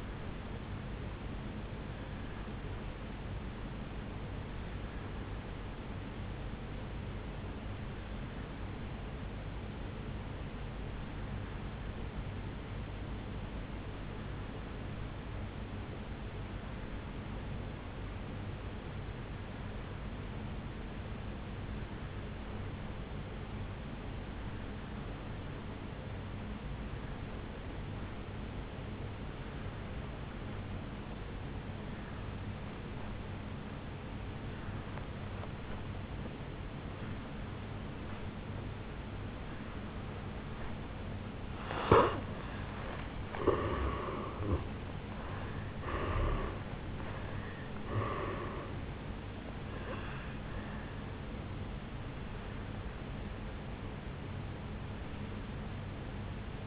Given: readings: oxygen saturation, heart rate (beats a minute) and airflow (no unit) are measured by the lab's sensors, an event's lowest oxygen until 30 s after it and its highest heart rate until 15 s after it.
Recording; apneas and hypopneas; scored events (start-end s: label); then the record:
breathing in sleep by a voice recorder at the bedside; 1
5.00-40.70 s: obstructive apnea (N2, oxygen 96% highest, then 82% lowest, heart rate 56 at the start, 76 highest)
From the record:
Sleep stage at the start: N2 (light sleep); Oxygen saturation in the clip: 82 to 96%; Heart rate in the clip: 54 to 76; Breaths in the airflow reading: 5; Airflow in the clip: -10.0 to 6.7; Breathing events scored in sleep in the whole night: 449 in 7.0 hours asleep